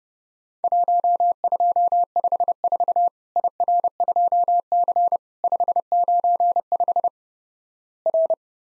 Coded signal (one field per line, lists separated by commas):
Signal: Morse code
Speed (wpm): 32 wpm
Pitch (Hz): 700 Hz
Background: none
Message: 1254 IR2C 595 R